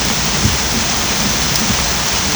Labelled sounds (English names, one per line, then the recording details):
none
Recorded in pastures near Puerto Asís, Putumayo, Colombia, on 18 December 2024 at 23:00
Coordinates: 0.502, -76.324
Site G077